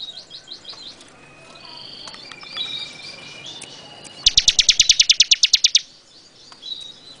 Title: BM Suara Burung Ciblek